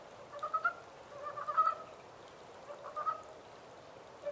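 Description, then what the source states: Montane brown frog calls: short pulsed croaks in small clusters, with pauses of about a second between groups. 14 April 2010.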